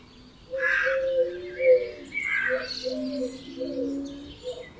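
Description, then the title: Birds calling, with low drawn-out hooting notes alongside brief high chirps and whistles from other singers. Dawn chorus at 4am in Oberhofen, Inntal, Austria; binaural recording. "Birds Oberhofen Inntal Austria - 4am - binaural version"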